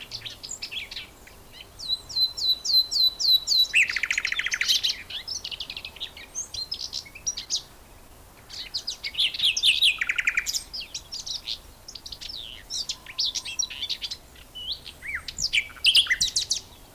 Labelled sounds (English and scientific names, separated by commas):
Common Whitethroat (Sylvia communis) song